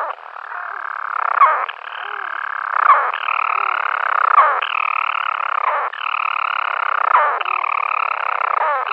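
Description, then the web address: European storm petrel purring call: a continuous, grating purr. A short hiccup break interrupts it roughly every one to one and a half seconds. "Schulze Peter European Storm-Petrel"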